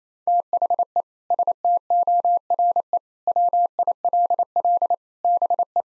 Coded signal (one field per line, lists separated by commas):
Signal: Morse code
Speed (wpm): 28 wpm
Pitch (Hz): 700 Hz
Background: none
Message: THE STORE WILL BE